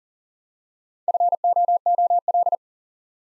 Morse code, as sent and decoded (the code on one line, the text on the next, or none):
..-. --- --- .-..
FOOL